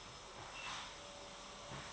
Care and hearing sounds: daily activity, microphone in the room; vacuum cleaning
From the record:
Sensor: 3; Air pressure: 1011.9 hPa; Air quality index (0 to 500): 236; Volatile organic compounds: 5 ppm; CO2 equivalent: 1750 ppm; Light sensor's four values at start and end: 11/26/11/11 and 11/26/11/11

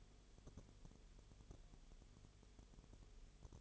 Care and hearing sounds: daily activity, microphone in the room; no activity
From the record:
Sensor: 4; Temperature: 22.0 degrees Celsius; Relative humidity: 29.5%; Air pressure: 1002.1 hPa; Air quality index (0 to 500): 59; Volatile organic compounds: 1 ppm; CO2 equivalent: 609 ppm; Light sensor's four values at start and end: 2/3/1/1 and 2/3/1/1

